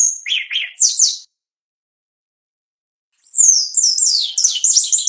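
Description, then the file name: Shiny cowbird gives a short phrase of liquid gurgling notes and high whistles, then after a two-second pause a rapid string of thin, descending, slurred whistles. "canto do chupim"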